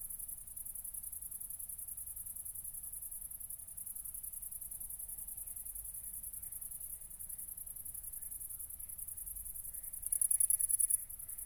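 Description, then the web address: Cricket stridulating in a steady high-pitched whirr, swelling louder for about a second near the end, over faint low background rumble. Recorded at Nordring, Kirchmöser, Brandenburg, Germany, on 4 August 2014 at 00:53, at night. "aporee City Country Me Brandenburg Kirchmoeser Nordring Grillen 201408040053"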